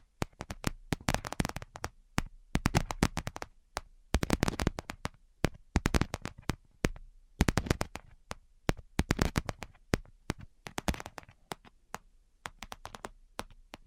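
Fingers or nails tap in quick, crisp bursts, each a sharp click running from low thump to bright tick. The taps come in dense clusters separated by brief pauses, with an irregular, restless rhythm throughout the fourteen seconds. No voice is heard.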